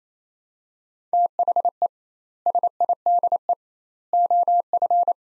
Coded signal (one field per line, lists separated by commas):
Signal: Morse code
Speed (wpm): 27 wpm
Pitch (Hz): 700 Hz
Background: none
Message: THE SIDE OF